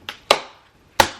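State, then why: Seated. The side panels of a stackable storage cube are stood up and snapped into its base panel. A faint tap at 0.1 s is followed by two sharp clicks at 0.3 s and 1.0 s as the sides pop into place.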